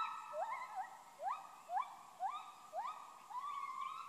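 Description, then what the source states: Gibbon calling: a series of short hooting notes that sweep sharply upward, about two per second, ending in a longer rising hoot. Khao Yai National Park, Thailand.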